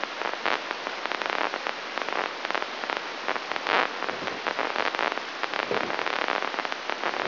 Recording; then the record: brain microelectrode recording played as sound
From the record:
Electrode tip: inside the subthalamic nucleus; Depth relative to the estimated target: -3 mm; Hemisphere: right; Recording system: AlphaMap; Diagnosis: Parkinson's disease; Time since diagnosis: 24 years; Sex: male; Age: 67 years